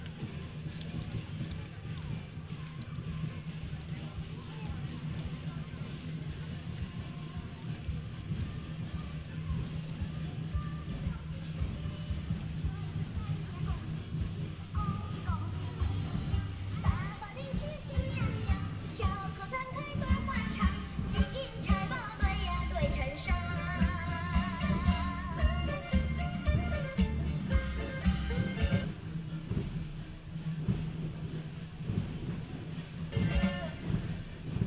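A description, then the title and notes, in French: Chinese New Year celebration in Paris: a steady crowd murmur with a voice speaking, low rumbling underneath, and bright clattering sounds midway. Petit reportage de la célébration du nouvel an chinois dans Paris.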